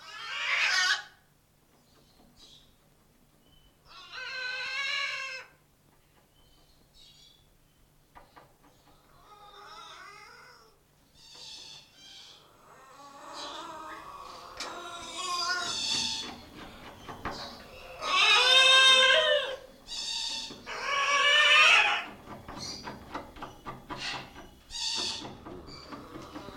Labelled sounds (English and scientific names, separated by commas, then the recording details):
Red-and-green Macaw (Ara chloropterus) call
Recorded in captivity
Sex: pair
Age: adult
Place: Zoo Magdeburg, Sachsen-Anhalt, DE
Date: 1989-05-12 11:55
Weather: overcast, intermittent rain, 12°C
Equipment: Sony WM-D6C, Kopie 19 cm
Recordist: Tembrock, Günter
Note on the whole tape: Paar (zuerst vom Nest mit Jungen abgesperrt, dann im Nistkasten): Rufe